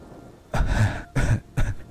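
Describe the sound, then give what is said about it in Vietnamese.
Three short, hoarse throat sounds, like rasping clears or muffled coughs, from a woman over 70 weeping without crying aloud, come in an uneven rhythm with gaps between them. They are fairly soft and husky, and no one speaks. “Cổ họng chỉ bật ra những tiếng khàn khàn nho nhỏ.”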